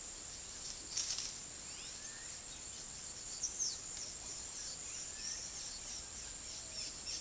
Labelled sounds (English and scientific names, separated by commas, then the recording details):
Smooth-billed Ani (Crotophaga ani), Blue-black Grassquit (Volatinia jacarina)
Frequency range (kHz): Smooth-billed Ani (Crotophaga ani) 1.0-6.7 kHz; Blue-black Grassquit (Volatinia jacarina) 3.6-7.6 kHz
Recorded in secondary vegetation near Puerto Asís, Putumayo, Colombia, on 19 February 2024 at 16:00
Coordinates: 0.500, -76.326
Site G6428